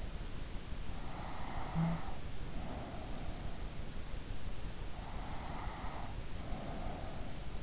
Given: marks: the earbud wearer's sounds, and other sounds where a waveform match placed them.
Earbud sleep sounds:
sounds in sleep by an in-ear microphone; snoring breath, breath
1.15-3.81 s: snoring breath
5.61-7.63 s: breath

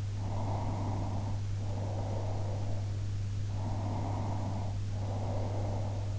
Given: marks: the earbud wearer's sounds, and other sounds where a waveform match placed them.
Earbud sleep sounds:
sounds in sleep by an in-ear microphone; breath
0.20-2.87 s: breath
3.58-6.13 s: breath

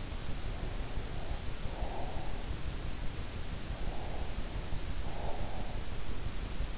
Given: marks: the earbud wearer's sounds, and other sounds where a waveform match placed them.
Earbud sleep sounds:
sounds in sleep by an in-ear microphone; breath
0.66-2.46 s: breath
3.52-6.03 s: breath

